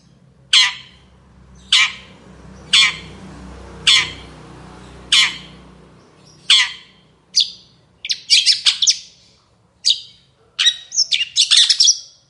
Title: Cendet Gacor Dor Di Kala Pagi Toet Toet Variasi Suara